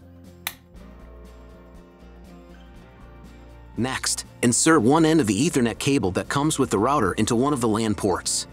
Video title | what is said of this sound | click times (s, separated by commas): ✅ How to Setup TP-Link Archer AX3000 Pro v1 | cable should be inserted until it clicks | 0.5 s